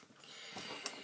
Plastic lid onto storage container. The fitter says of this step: hear that click they